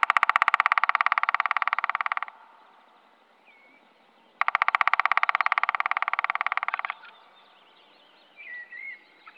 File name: black woodpecker